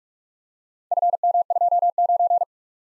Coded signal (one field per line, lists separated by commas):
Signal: Morse code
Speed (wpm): 44 wpm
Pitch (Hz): 700 Hz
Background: none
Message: FM29